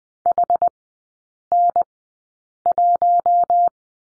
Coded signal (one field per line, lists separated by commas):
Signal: Morse code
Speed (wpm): 20 wpm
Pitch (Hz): 700 Hz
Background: none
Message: HN1